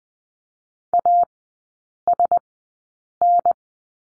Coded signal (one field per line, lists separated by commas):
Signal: Morse code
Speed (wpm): 20 wpm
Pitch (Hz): 700 Hz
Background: none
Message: A S N